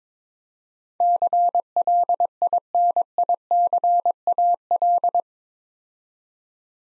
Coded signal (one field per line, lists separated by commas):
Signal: Morse code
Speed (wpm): 22 wpm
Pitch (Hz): 700 Hz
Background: none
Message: CLINICAL